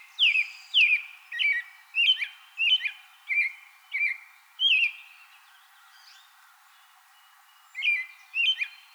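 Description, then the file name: American robin song: a lively series of clear whistled, slightly slurred phrases, a lull of a few seconds, then more phrases. Recorded 24 April 2020. "2020-04-24 Am Robin"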